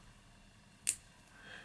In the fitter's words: Yep, you heard that click.